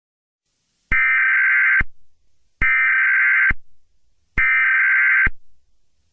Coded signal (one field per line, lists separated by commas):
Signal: Emergency Alert System (SAME) tones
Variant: header bursts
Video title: EAS Double Feature: The Wrath of Chaos